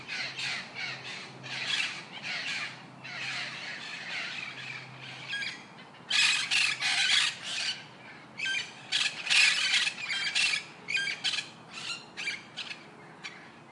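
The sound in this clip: Parrot calls, harsh grating squawks in irregular bursts and runs, some loud and chattering, others softer, over a faint low hum.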